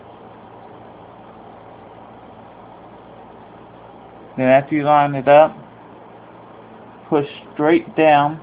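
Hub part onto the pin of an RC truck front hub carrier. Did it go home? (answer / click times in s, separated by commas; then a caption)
no / none. A hub part is lined up by its groove with the pin on the front hub carrier of a Traxxas Slash Ford Raptor SVT RC truck before being pushed straight down. About four seconds of quiet handling over a low steady hum are followed by someone talking. Nothing has seated or clicked yet.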